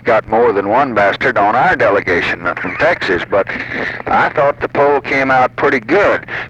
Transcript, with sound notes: We’ve got more than one bastard on our delegation, from Texas. [chuckles] But... I thought the poll came out pretty good.